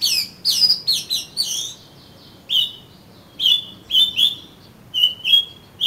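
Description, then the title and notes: Oriental magpie-robin singing: a rapid run of rich, varied whistles, then a pause and a series of shorter whistled notes. "suara kacer. kumpulan suara burung kacer"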